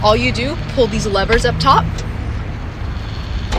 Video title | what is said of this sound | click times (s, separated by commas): 2021 Honda Accord Sport SE Full Review | You can hear a click. | 3.5 s